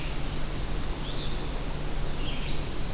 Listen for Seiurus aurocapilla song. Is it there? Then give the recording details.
no. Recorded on 23 June 2016 at 07:34. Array SBT-6-76